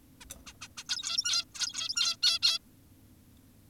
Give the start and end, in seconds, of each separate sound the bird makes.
0.21-0.25, 0.47-0.53, 0.62-0.68, 0.78-0.84, 0.89-1.45, 1.55-2.16, 2.23-2.39, 2.42-2.59